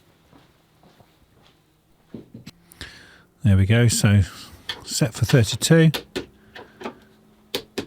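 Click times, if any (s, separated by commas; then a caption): 6.6 s, 7.5 s, 7.8 s. A torque wrench set to 32 Nm tightens the strut top-mount nuts on a 2007 Ford Focus Mk2 during a front offside suspension spring replacement. Someone talks, then three sharp clicks sound at 6.6, 7.5 and 7.8 seconds, confirming the nuts have reached 32 Nm.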